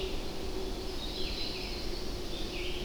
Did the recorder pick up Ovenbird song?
no